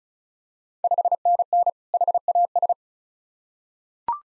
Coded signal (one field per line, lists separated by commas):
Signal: Morse code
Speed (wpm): 36 wpm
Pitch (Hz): 700 Hz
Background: none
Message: 5NN HAS